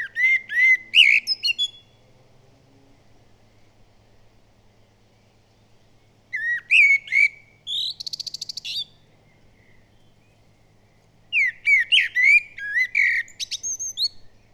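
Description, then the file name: Common blackbird delivering three separate song phrases, each mellow whistled warbling that breaks into a rapid, rattling high twitter, with quiet pauses between. "Turdus merula"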